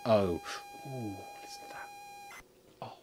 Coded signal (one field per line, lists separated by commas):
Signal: ZX Spectrum tape loading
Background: speech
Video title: Let's Play Hewson ZX Spectrum games on the original hardware! - Live Spectrum +3 gameplay